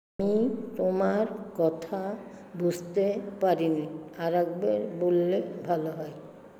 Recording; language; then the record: elicited speech; Bengali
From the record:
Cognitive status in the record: dementia